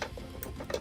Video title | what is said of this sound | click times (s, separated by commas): Instalacija Noslica za Sredinski Zaslon za Tesla Y, 3 | Now just press down on this until you hear a click, | 0.4 s